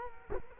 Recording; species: mosquito wingbeat signal from an infrared sensor; Culex quinquefasciatus